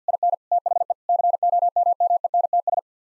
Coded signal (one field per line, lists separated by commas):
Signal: Morse code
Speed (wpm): 50 wpm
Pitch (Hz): 700 Hz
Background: none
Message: IN THE COMMENTS